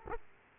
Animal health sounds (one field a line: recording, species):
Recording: mosquito wingbeat signal from an infrared sensor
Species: Aedes aegypti